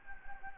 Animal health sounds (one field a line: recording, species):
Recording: mosquito wingbeat signal from an infrared sensor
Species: Anopheles gambiae